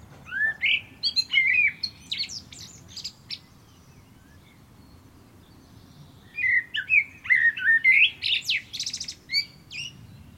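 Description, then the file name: Common blackbird singing two phrases several seconds apart, each with low fluted warbling whistles that break into scratchy, high-pitched twittering. "Turdus merula"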